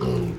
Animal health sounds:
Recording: contact call of a hoofed animal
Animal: pig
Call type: closed-mouth grunt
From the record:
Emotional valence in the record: positive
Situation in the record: food and toys in familiar pen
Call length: 0.39 s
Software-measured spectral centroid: 1760 Hz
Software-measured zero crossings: 830 a second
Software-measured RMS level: -24 dBFS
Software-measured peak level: -13 dBFS

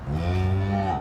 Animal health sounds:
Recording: contact call of a hoofed animal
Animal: cattle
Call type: low-frequency (closed-mouth) or high-frequency (open-mouth) call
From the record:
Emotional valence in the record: negative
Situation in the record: full separation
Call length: 1.01 s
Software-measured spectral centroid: 1280 Hz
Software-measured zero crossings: 750 a second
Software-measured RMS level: -24 dBFS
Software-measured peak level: -13 dBFS

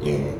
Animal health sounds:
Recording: contact call of a hoofed animal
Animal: pig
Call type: closed-mouth grunt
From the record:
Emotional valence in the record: negative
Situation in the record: short social isolation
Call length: 0.40 s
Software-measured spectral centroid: 1750 Hz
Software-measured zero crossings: 880 a second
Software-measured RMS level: -24 dBFS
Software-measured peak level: -11 dBFS

